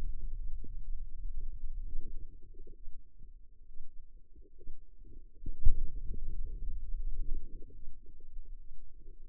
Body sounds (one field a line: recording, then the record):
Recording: forearm muscle sounds (acoustic myography)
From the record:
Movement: finger pinch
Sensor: system 2, bracelet of six BSWA MPA416 microphones around the upper forearm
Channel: 5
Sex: female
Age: 25 years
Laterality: right